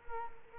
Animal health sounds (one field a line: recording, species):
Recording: mosquito wingbeat signal from an infrared sensor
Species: Culex quinquefasciatus